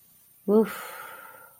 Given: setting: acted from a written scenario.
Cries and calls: vocal sound without words; pride

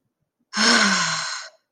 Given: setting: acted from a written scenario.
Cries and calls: vocal sound without words; ecstasy

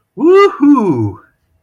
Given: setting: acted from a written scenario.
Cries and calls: vocal sound without words; triumph

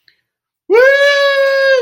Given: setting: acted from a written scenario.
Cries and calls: vocal sound without words; triumph

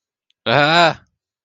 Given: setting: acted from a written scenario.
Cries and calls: vocal sound without words; fear

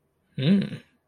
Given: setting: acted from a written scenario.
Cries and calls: vocal sound without words; romantic love

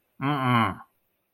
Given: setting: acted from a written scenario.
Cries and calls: vocal sound without words; contempt

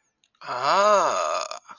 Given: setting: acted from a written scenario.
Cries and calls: vocal sound without words; realization

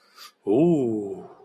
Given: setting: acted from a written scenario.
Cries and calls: vocal sound without words; interest

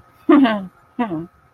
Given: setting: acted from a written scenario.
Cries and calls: vocal sound without words; contempt

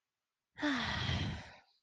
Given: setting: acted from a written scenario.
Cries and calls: vocal sound without words; neutral

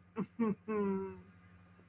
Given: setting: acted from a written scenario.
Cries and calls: vocal sound without words; shame

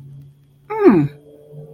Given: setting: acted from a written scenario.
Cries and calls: vocal sound without words; pride

